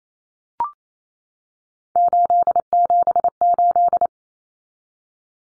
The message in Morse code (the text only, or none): 878